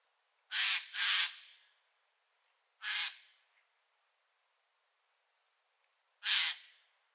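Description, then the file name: Eurasian jay giving harsh, rasping screeches: a quick pair, a single call about two seconds later, then another lone screech after a longer pause; otherwise quiet. "Garrulus glandarius"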